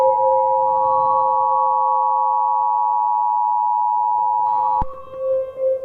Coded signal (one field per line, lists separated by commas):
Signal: Emergency Alert System (SAME) tones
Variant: 853 and 960 Hz attention tone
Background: music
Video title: UNSEEN TERROR | An EAS Scenario